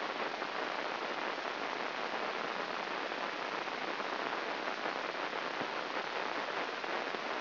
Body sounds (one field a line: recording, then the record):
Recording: brain microelectrode recording played as sound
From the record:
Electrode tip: inside the subthalamic nucleus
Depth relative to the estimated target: 0 mm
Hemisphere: right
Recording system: AlphaMap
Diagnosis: Parkinson's disease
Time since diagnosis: 11 years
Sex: male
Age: 66 years